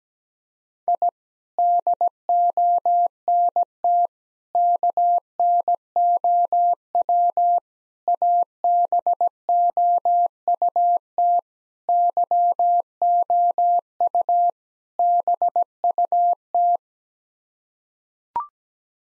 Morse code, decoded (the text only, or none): I DONT KNOW ABOUT YOU BUT